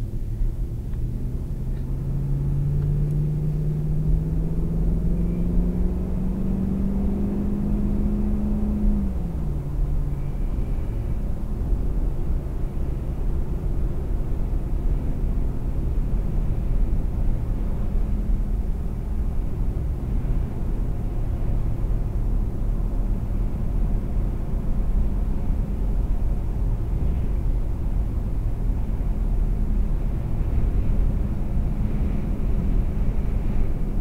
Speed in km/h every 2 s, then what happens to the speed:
39, 52, 63, 69, 77, 77, 82, 84, 84, 82, 84, 85, 85, 84, 84, 82, 81.
0-13 speeds up to 84. 13-34 steady at about 84.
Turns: none.